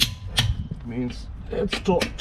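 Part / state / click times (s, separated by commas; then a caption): torque wrench on wheel lug nut / torque reached / 0.4 s. A torque wrench is tightened on a lug nut while a 40-inch wheel is being refitted on an expedition truck. It gives a sharp click at 0.4 s as it reaches its set torque, meaning the nut is torqued. Someone talks around the click, and music follows.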